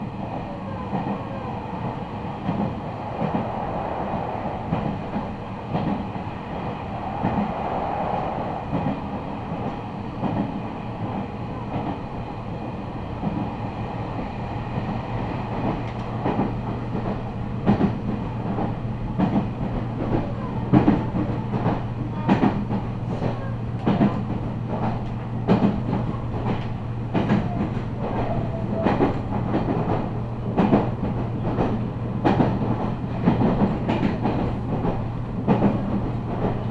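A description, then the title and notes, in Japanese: A Meitetsu train runs along the Chita New Line and Kowa Line, its steady rumble filling the recording. From about fifteen seconds a low motor hum settles in, and sharp, irregular clicks and clatters from the wheels and carriage come thick through the second half. 名古屋鉄道 知多新線・河和線 内海→富貴→河和。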